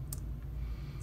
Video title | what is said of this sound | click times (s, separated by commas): How to make a Sterling Silver Turquoise Cuff Bracelet from Start to End | not too tight, that it's going to be able to click into place like that. | 0.1 s